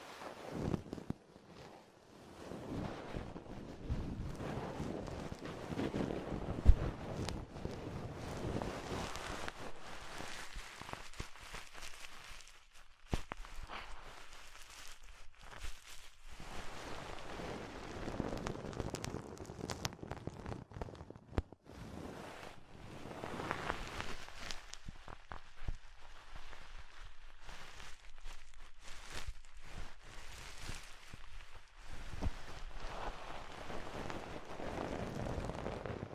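Ear exploration sounds come in rustling, crinkly waves, swelling and fading every few seconds, with a sharp tap near seven seconds.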